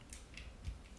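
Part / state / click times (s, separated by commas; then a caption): figure head onto neck ball peg / not seated / none. A swapped plastic head is pushed onto the neck ball peg of a G.I. Joe Classified Series #87 action figure, giving only faint, soft plastic ticks around 0.1 s and 0.4 s and a dull low bump near 0.7 s. The head fails to pop on, and nothing has seated or clicked yet.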